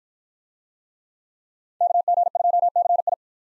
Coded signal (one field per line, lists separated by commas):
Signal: Morse code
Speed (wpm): 50 wpm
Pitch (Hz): 700 Hz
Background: none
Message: KG2CI